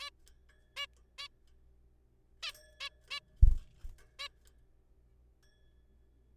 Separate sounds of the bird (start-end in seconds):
0.01-0.10, 0.77-0.86, 1.18-1.27, 2.43-2.51, 2.80-2.89, 3.11-3.19, 4.19-4.28